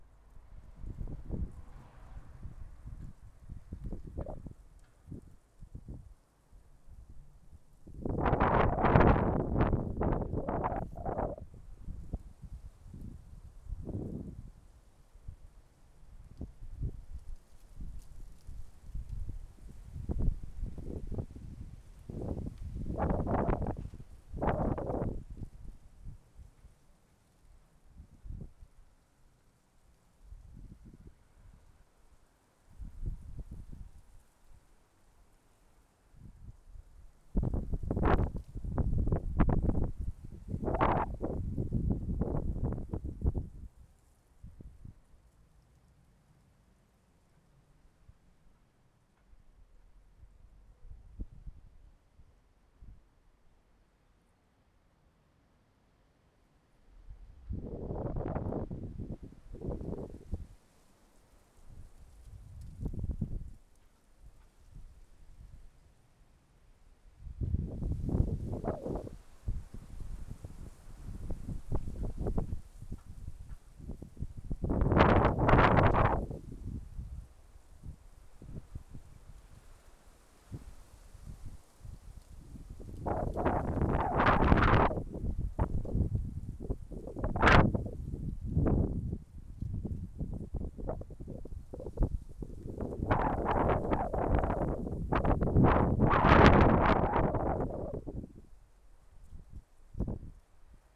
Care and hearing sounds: everyday scene through a hearing-aid microphone; wind on the microphone; wind, traffic, birds, plane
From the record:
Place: suburban garden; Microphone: behind the ear, left, rear

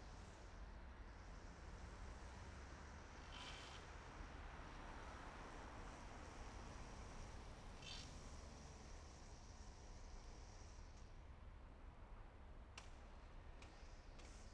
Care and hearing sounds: everyday scene through a hearing-aid microphone; in traffic; traffic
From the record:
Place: main city hub, rush hour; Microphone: behind the ear, left, rear

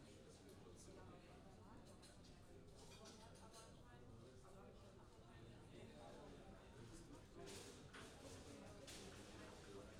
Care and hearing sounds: everyday scene through a hearing-aid microphone; many people talking; many voices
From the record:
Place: university cafeteria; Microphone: in the ear canal, left

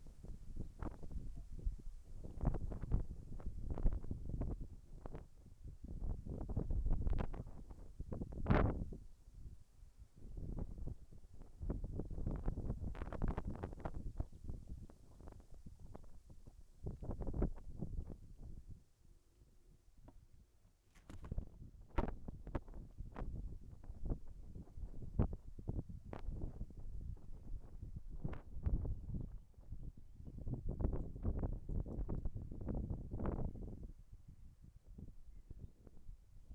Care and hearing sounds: everyday scene through a hearing-aid microphone; wind on the microphone; wind, whistling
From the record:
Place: in front of a rural house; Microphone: behind the ear, left, rear

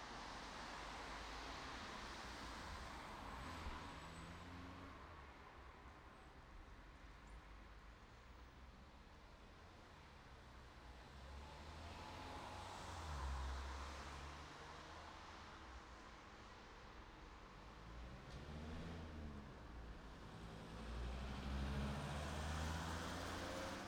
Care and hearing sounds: everyday scene through a hearing-aid microphone; in traffic; traffic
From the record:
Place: city secondary road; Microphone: in the ear canal, right

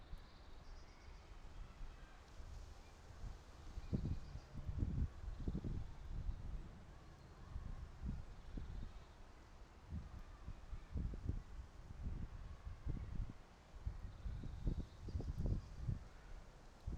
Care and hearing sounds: everyday scene through a hearing-aid microphone; wind on the microphone; gentle breeze, voices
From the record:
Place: parking lot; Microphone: in the ear canal, right

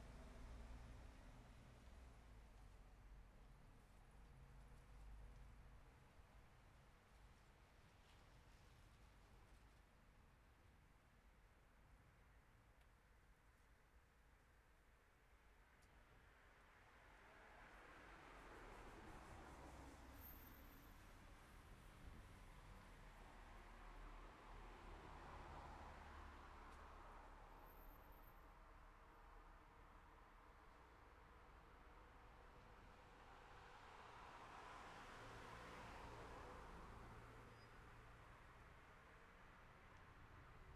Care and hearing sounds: everyday scene through a hearing-aid microphone; in traffic; traffic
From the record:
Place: city secondary road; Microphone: behind the ear, left, rear

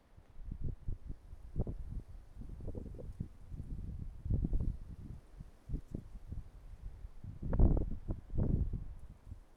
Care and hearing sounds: everyday scene through a hearing-aid microphone; wind on the microphone; wind, traffic, birds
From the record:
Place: suburban garden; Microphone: behind the ear, right, rear

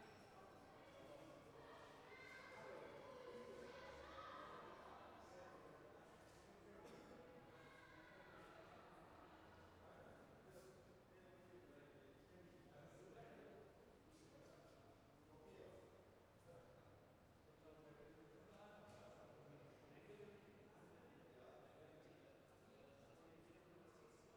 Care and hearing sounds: everyday scene through a hearing-aid microphone; reverberant space; background noise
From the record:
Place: railway station hall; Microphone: behind the ear, left, front

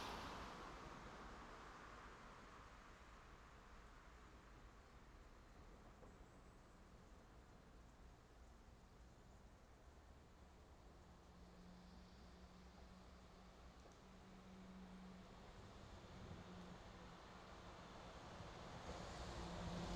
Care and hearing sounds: everyday scene through a hearing-aid microphone; in traffic; traffic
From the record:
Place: main road on the outskirts, rush hour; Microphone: in the ear canal, left

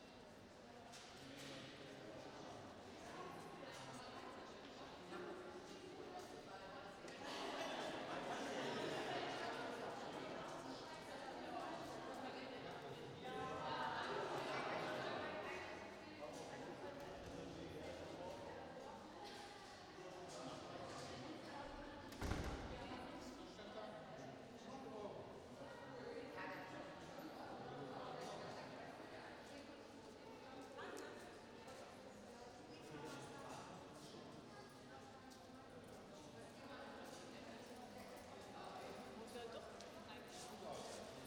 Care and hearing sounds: everyday scene through a hearing-aid microphone; reverberant space; background noise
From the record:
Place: railway station hall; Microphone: in the ear canal, right

